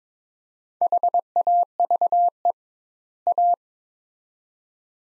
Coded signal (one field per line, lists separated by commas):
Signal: Morse code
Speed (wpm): 22 wpm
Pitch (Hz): 700 Hz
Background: none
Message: HAVE A